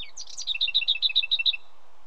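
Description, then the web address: Leaf warbler song: a short jumbled opening, then a fast run of about eight paired high notes, each pair a higher note dropping to a lower one, ending abruptly. "mushikuimushikuimirumushikui"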